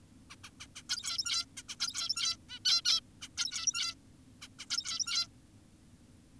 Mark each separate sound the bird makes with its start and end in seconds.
0.30-0.36, 0.44-0.50, 0.60-0.67, 0.76-0.82, 0.90-1.45, 1.58-1.63, 1.69-1.76, 1.80-2.37, 2.49-2.59, 2.65-2.82, 2.85-3.00, 3.22-3.28, 3.38-3.95, 4.42-4.48, 4.59-4.66, 4.70-5.28